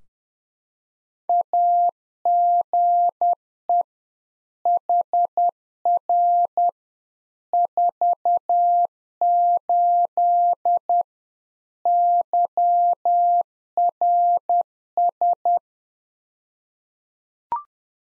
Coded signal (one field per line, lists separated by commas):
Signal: Morse code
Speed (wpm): 10 wpm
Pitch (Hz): 700 Hz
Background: none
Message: AGE HR 48 YRS